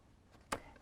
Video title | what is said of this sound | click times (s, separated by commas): Welcome Friends #101 PreK lesson on “In and out, what makes us special?" SS.FC.PK4.1, ELA.RF.PK4.1 | snap you hear that snap i heard it snap that way it won't dry out | 0.5 s